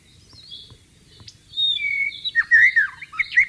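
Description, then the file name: White-rumped shama singing: faint high notes, then from midway a loud burst of clear whistles and quick twisting phrases. Heard in the wild. "suara burung murai batu di alam liar"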